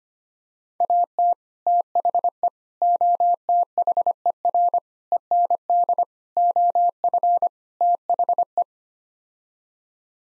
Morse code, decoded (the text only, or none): AT THE OTHER END OF THE